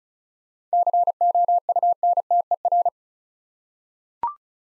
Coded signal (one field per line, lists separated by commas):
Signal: Morse code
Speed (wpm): 36 wpm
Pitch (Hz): 700 Hz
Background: none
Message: COUNTER